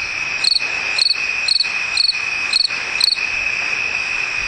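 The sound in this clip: Cricket chirps, six short pulsed bursts over a constant high-pitched trill in the background.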